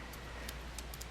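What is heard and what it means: A folded plastic brick section of a Lego Transformers: The Last Knight Bumblebee robot is wiggled and pushed into its slot in the torso. Small sharp plastic clicks sound at 0.8, 0.9 and 1.0 s over a steady low hum. The section clicks into place and is seated.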